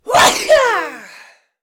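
A single sneeze: a quick noisy intake, then a sharp explosive burst with a voiced, falling tail that fades within about a second and a half. One ordinary sneeze, no cough or wheeze.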